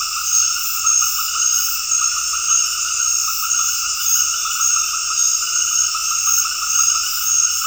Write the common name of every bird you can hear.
none